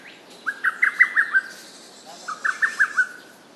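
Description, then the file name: Lesser cuckoo delivering two fast, bouncing phrases of five to six clipped notes, the second phrase starting about two seconds after the first. Recorded on 29 May 2007 at 11:30. "hototogisu"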